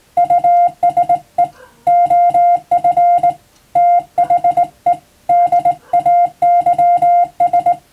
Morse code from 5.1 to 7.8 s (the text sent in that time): DAYS